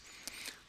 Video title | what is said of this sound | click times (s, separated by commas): BrightSign Training 2.1. Memory Card Exchange | press until you hear it click into place with | 0.3 s